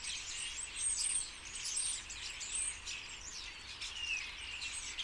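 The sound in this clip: Common starlings chattering as a flock, high whistles, squeaks and rattles overlapping continuously, with a few clear whistled notes standing out.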